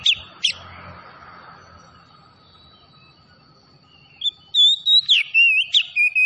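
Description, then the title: Oriental magpie-robin giving two sharp notes, a long quiet stretch with faint hiss, then a burst of clear rising and falling whistles. Tretes variety of the bird, singing vigorously (gacor). "Kacer Tretes"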